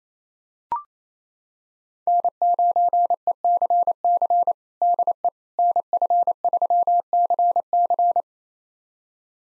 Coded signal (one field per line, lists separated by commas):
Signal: Morse code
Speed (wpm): 28 wpm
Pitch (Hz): 700 Hz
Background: none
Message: N9ECC DE NF3CC